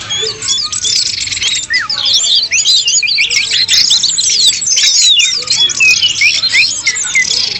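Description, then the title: Birds twittering in a crowded chorus, short upslurred and downslurred whistles repeated rapidly throughout. "SuaraBurung Kicau3"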